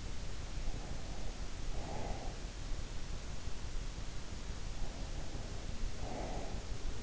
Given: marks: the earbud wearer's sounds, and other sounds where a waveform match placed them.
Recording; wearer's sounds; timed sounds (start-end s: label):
sounds in sleep by an in-ear microphone; breath
0.44-2.81 s: breath
4.54-7.03 s: breath